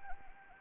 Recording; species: mosquito wingbeat signal from an infrared sensor; Anopheles arabiensis